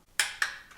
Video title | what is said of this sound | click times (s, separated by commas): NOUVELLE VIE POUR LE CHEVY : PART 2 | un clic et après ça, on va faire une deuxième paard | 0.2 s